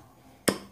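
A manual locking hub on a truck's front axle is turned by hand from free to lock against a quiet background. A single sharp metal pop at 0.5 s marks the dial snapping into its lock detent, so the hub has fully engaged; a dirty hub with mud inside would not pop in all the way.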